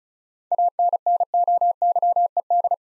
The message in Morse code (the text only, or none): ANNOYED